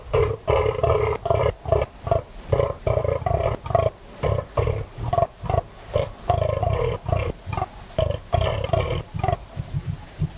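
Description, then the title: Fallow deer buck groaning in rut: deep, guttural belching grunts repeated rapidly, about two each second, in a steady run with brief breaks. Fallow buck rutting at 3am on a cold, still, moonless autumn night in West Dorset, England; he is staking his claim, warning off rivals and guarding his does; bellow echoes through combes and hills. "Sound Escape. the eerie and dramatic fallow deer rut on a dark Dorset night"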